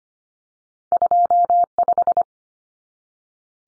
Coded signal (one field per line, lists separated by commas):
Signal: Morse code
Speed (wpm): 25 wpm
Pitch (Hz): 700 Hz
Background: none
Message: 25